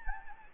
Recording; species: mosquito wingbeat signal from an infrared sensor; Anopheles gambiae